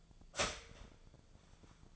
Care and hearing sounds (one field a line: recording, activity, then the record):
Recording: daily activity, microphone in the room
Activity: start toaster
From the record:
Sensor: 5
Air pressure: 1009.3 hPa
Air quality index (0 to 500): 168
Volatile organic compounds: 4 ppm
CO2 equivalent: 1631 ppm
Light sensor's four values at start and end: 84/224/90/94 and 82/221/89/92